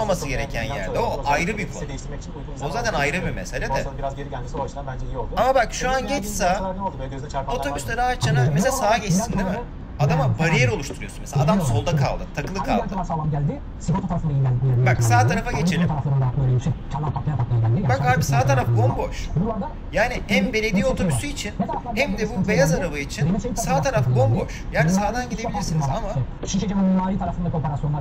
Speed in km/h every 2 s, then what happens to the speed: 80, 77, 78, 78, 79, 78, 78, 82, 87, 89, 88, 87, 89, 89.
0-12 steady at about 78. 12-18 speeds up to 89. 18-28 steady at about 89.